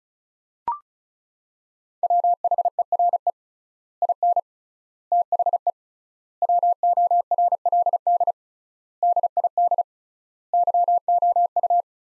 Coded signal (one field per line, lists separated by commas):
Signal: Morse code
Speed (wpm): 36 wpm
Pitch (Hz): 700 Hz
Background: none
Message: WHERE IN THE WORLD DID YOU